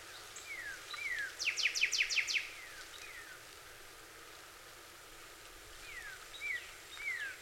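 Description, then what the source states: Cardinal song: downslurred whistles and a brief rapid series of sharp repeated notes, then quieter, with a few more slurred whistles near the end. More than one cardinal, recorded on 26 April 2019.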